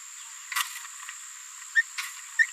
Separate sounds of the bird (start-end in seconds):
0.52-0.62, 1.75-1.82, 2.38-2.47